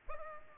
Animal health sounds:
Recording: mosquito wingbeat signal from an infrared sensor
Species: Aedes albopictus

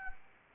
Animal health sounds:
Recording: mosquito wingbeat signal from an infrared sensor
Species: Anopheles gambiae

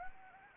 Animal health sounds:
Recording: mosquito wingbeat signal from an infrared sensor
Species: Anopheles gambiae

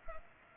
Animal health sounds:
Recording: mosquito wingbeat signal from an infrared sensor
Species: Culex pipiens

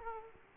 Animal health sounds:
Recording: mosquito wingbeat signal from an infrared sensor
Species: Aedes aegypti

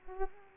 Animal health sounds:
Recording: mosquito wingbeat signal from an infrared sensor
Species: Culex pipiens

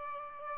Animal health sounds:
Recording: mosquito wingbeat signal from an infrared sensor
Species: Aedes albopictus

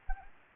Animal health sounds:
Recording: mosquito wingbeat signal from an infrared sensor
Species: Anopheles gambiae

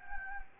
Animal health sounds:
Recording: mosquito wingbeat signal from an infrared sensor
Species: Anopheles gambiae

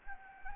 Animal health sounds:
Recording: mosquito wingbeat signal from an infrared sensor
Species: Anopheles gambiae

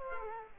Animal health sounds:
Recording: mosquito wingbeat signal from an infrared sensor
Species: Culex quinquefasciatus

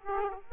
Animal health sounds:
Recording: mosquito wingbeat signal from an infrared sensor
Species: Aedes aegypti

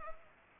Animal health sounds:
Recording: mosquito wingbeat signal from an infrared sensor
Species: Culex pipiens

